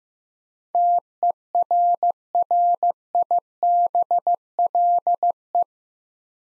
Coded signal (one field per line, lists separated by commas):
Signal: Morse code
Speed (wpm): 15 wpm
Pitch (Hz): 700 Hz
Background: none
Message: TERRIBLE